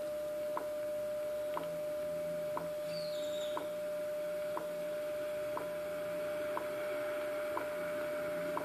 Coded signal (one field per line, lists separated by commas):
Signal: radio time signal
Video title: WWV 25Mhz on Yaesu FRG-100